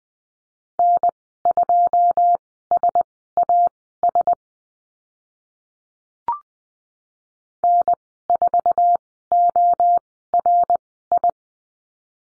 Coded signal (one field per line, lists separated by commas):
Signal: Morse code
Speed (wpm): 20 wpm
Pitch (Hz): 700 Hz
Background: none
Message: N2SAS N4ORI